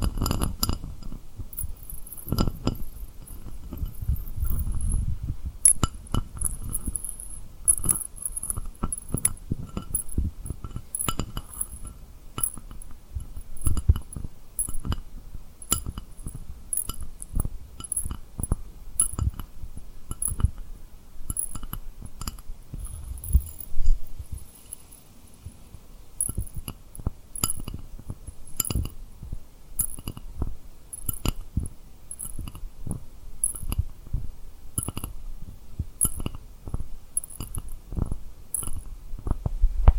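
Rhinestones are tapped and rubbed in quick, uneven bursts of crisp clicks and glassy clinks over soft low rustling, continuing throughout.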